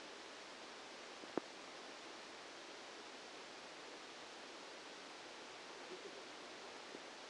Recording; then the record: brain microelectrode recording played as sound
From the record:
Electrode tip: outside the subthalamic nucleus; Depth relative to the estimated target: -10 mm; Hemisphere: left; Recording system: NeuroSet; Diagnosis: Parkinson's disease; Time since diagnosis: 8 years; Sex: male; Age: 65 years